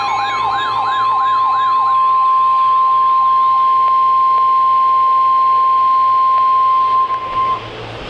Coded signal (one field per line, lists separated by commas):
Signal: Emergency Alert System (SAME) tones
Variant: 1050 Hz attention tone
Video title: Special Marine Warning (EAS #912) 7/18/15